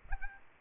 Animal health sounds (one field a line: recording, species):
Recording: mosquito wingbeat signal from an infrared sensor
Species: Aedes albopictus